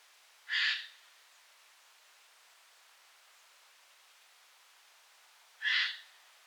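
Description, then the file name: Eurasian jay giving two harsh, raspy screeches, each about half a second long, spaced roughly five seconds apart against a quiet background hiss. "Garrulus glandarius"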